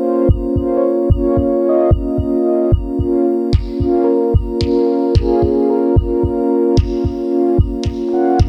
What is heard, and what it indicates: Pulsatile Tinnitus. I cant hear out of my left ear.